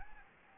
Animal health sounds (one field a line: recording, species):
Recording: mosquito wingbeat signal from an infrared sensor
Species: Anopheles gambiae